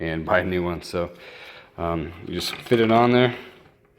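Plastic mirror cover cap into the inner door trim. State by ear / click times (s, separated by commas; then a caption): not seated / none. A plastic interior cover cap for the side mirror mount of a Nissan Sentra is held against the inner door trim, lined up by its locating points, while someone talks. Only faint handling noises are heard near the end, and nothing has seated or clicked yet.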